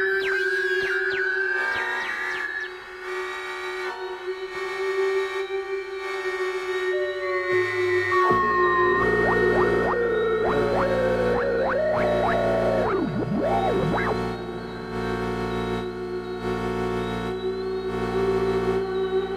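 Electronic sounds built from shortwave noise and synths: a steady low drone runs throughout while bright tones sweep and slide up and down, densest from about eight to fourteen seconds. Rhythmic pulsing chops the texture at regular intervals, with echo-like repeats trailing the glides.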